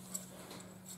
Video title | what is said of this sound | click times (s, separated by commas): Low Cost (Cheap) ER32 Mill Collet - Waste of Money or Worth it ?!?! | But this one, when I lock it in there, that one right there is a little bit loose. | 0.2 s